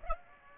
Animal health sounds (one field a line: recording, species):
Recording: mosquito wingbeat signal from an infrared sensor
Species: Aedes aegypti